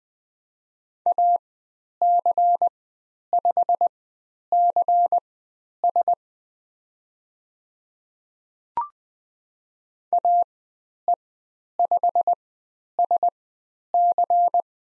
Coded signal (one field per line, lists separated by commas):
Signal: Morse code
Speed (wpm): 20 wpm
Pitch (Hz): 700 Hz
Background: none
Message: AC5CS AE5SC